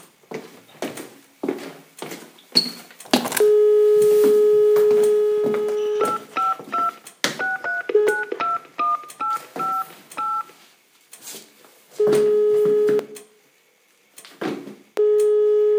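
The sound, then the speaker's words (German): A steady dial tone is followed by a quick run of beeping touch-tone digits as a call is placed to a doctor, then the phone rings out with repeated long electronic ringback tones separated by silence. “Aber weswegen ich eigentlich anrufe, ich brauche eine schnelle Telefonkontrolle.”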